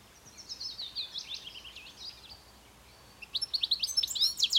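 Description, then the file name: European goldfinch giving a thin, jumbled twittering phrase, then a louder burst of rapid liquid chirps near the end. "Carduelis carduelis"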